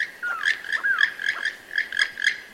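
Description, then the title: Keel-billed Toucan song: a rapid, steady run of dry, creaking croaks mixed with a few falling slurred notes. Black body, yellow patch from face to breast, huge rainbow-coloured bill; eats mostly fruit; moves in groups of 6 to 30 birds; uses beak for duelling and for regulating body temperature in tropical heat. "Rainbow-Billed Toucan: The Flying Banana"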